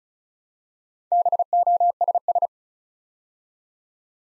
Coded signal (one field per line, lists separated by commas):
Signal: Morse code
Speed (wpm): 36 wpm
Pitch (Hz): 700 Hz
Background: none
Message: BOSS